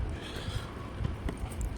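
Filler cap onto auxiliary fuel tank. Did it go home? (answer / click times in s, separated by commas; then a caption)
no / none. The tight-sealing filler cap of an auxiliary fuel tank on a KTM 790/890 Adventure motorcycle is pressed down hard with one hand, with low rumbling handling noise and brief knocks around 1.3 and 1.6 seconds. Nothing has clicked or seated yet by the end of the clip.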